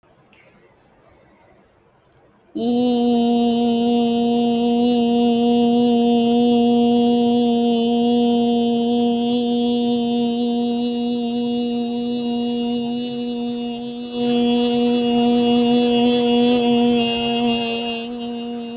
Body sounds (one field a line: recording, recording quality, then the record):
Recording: sustained vowel as in beet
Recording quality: excellent, no background noise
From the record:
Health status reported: healthy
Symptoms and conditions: none ticked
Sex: female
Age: 28 years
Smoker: yes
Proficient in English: yes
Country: India